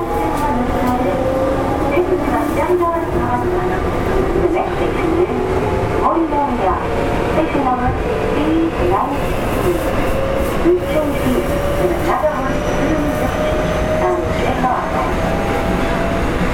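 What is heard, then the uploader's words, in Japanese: A train runs steadily with a continuous low rumble and whining motor tones that waver, plus faint clatter and voices throughout. 近畿日本鉄道７０００系電車の走行音です。大阪市営地下鉄中央線への直通列車で録音しました。区間は、生駒から谷町４丁目までです。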